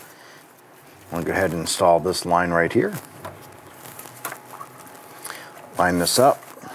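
While a fuel pump module assembly is replaced on a 2002-2008 Dodge Ram 1500, a fuel line quick-connect fitting is lined up with the fuel pump module tube as someone talks. Brief soft handling ticks are heard between about 3.3 and 5.3 s. The fitting has not yet been pushed home, so nothing has seated or clicked yet.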